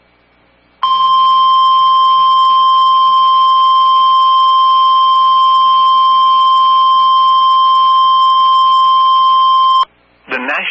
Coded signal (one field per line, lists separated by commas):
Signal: Emergency Alert System (SAME) tones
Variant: 1050 Hz attention tone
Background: speech